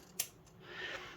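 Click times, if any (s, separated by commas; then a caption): 0.2 s. A 3D-printed plastic slide is lined up with the rail on the printed cutter body and slid down until it seats with a sharp click at 0.2 s. After the click comes a softer, rising sliding rustle, and the slide is seated in the rail.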